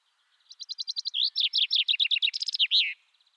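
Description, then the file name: Common chaffinch singing a fast rattling phrase of high notes that drops into repeated downslurred notes and closes with a flourish; faint soft chips before and after. "Fringilla coelebs"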